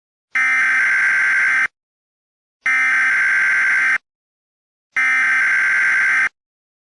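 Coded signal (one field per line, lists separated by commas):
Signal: Emergency Alert System (SAME) tones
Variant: header bursts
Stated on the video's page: Fictional EAS scenario of a North Korean nuclear attack on Pennsylvania; simulated nuclear warning.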